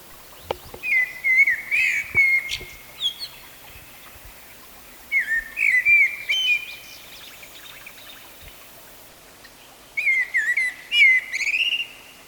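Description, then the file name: Common blackbird song: three mellow warbled phrases, each ending in thin, squeaky twitters, coming about every five seconds against a quiet background with faint clicks. "Turdus merula"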